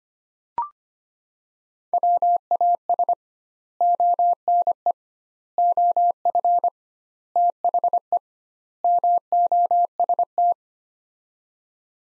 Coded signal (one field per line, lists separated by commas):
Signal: Morse code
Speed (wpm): 25 wpm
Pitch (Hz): 700 Hz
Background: none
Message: WAS ONE OF THE MOST